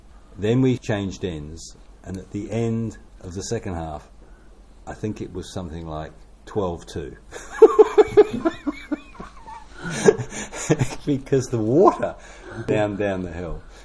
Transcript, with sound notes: Then we changed ends, and at the end of the second half I think it was something like twelve-two, [laughter] because the water ran down the hill.